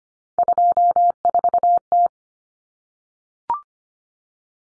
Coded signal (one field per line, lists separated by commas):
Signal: Morse code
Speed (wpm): 25 wpm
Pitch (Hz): 700 Hz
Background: none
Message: 24T